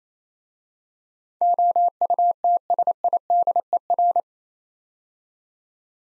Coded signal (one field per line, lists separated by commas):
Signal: Morse code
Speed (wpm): 27 wpm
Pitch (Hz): 700 Hz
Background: none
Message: OUTSIDER